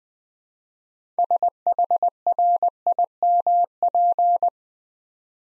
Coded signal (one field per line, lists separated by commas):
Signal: Morse code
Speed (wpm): 21 wpm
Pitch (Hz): 700 Hz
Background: none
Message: SHRIMP